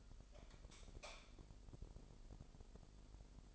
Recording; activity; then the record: daily activity, microphone in the room; light on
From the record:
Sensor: 5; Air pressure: 995.4 hPa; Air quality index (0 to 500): 94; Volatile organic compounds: 5 ppm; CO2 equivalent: 1792 ppm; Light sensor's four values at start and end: 34/80/33/33 and 36/86/35/35